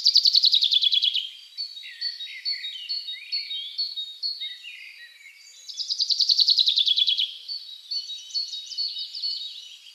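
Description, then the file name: Common chaffinch song: a fast, descending rattling trill of about a second, given twice, with many thin high chirps and whistles between. "Fringilla coelebs"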